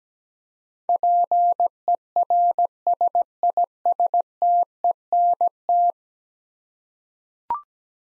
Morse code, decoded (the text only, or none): PERSISTENT